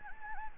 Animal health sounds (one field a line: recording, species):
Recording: mosquito wingbeat signal from an infrared sensor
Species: Anopheles gambiae